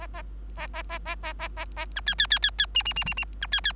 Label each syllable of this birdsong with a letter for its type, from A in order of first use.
A A A A A A A A B C C C C C D D D D D B C C